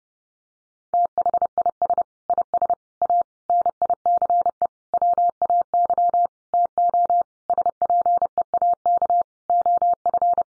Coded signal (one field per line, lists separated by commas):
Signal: Morse code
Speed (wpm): 30 wpm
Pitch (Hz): 700 Hz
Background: none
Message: THIS IS A NICE WAY TO SPEAK OF